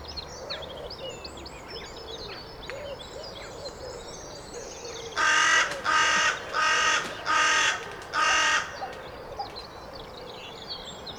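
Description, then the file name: Carrion crow cawing: five loud, harsh, drawn-out caws in quick succession after a few quiet seconds, with faint chirping of small birds in the background. "Corvus corone"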